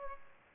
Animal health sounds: mosquito wingbeat signal from an infrared sensor; Aedes aegypti

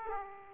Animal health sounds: mosquito wingbeat signal from an infrared sensor; Aedes aegypti

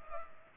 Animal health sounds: mosquito wingbeat signal from an infrared sensor; Culex pipiens

